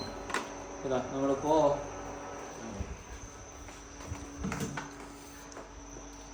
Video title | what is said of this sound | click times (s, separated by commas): Rice drainer pot - pasta pot - vegetable drainer pot - kitchen tools malayalam | lock ആക്കണം ഇത് രണ്ടും ഇങ്ങനെ പിടിച്ചാൽ ലോക്ക് ആയി പോകും | 0.3 s